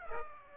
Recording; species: mosquito wingbeat signal from an infrared sensor; Aedes aegypti